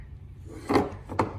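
During a water pump install on a 2009 Audi A3 2.0T, a small plastic retaining clip on a radiator/coolant hose is pushed into its mount on the engine. A broad thump-like burst at about 0.8 s is followed by a brief faint tick just before one sharp click at 1.2 s. The clip snaps in and is seated.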